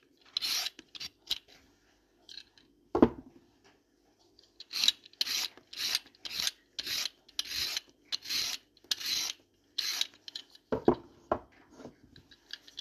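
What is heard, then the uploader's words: Cooking sounds made of short, bright scraping or rasping strokes, about one every half second from roughly five to ten seconds, with scattered bursts before and after. A sharp knock lands near three seconds and a couple more near eleven, over a faint steady hum. ASMR Cooking.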